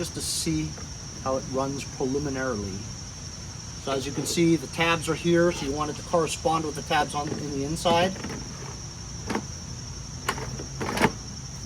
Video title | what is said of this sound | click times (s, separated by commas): WESCO 60V VOLT 5AH LITHIUM ION BATTERY CORDLESS ELECTRIC SELF PROPELLED 22” BIG REAR WHEEL LAWNMOWER | there's no click | none